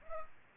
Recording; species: mosquito wingbeat signal from an infrared sensor; Culex pipiens